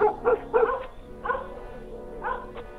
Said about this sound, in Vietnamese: Cậu Quyền lập tức nhổm dậy để nhòm thì bỗng đâu chó lại sủa râm ran ở ngoài nhà.